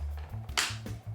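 A plastic electrical connector is pushed into its socket inside a collectible Ant-Man helmet, where the click matters because current will run through the connection. Over a steady low hum and a couple of faint taps, a sharp bright click sounds at 0.6 s as the connector seats.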